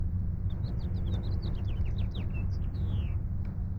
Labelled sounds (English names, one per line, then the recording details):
House Finch song
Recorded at Breezy Point on Long Island, New York, on 4 June 1975
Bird B